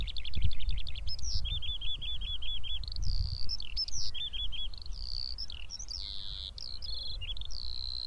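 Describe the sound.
Eurasian skylark singing a rapid high warble with quick repeated trilled phrases and slurred whistles, continuing without pause; low wind rumble beneath.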